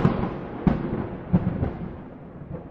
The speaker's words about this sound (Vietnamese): một tiếng sấm động nổ ra khiến ông Doanh như chôn chân tại chỗ